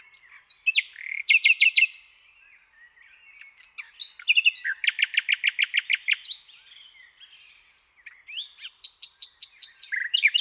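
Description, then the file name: Common nightingale delivering bursts of rapid, repeated notes mixed with whistles and scratchy twitters, separated by short quieter gaps. "Luscinia megarhynchos"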